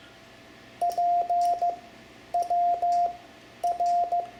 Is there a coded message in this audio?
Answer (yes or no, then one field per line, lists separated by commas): yes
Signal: Morse code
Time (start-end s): 0.8-4.2 s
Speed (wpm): 15 wpm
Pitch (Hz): 700 Hz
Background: none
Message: PWR